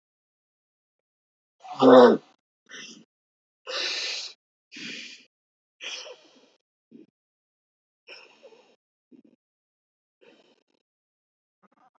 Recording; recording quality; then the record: deep breathing; excellent, no background noise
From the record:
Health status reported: healthy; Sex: male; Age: 38 years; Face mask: not worn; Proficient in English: yes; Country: India